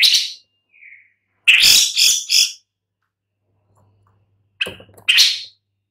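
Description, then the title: Long-tailed shrike making loud, rasping chatter in two short bursts separated by a silent pause, with a faint thin note early on. "Lanius Schach Sun"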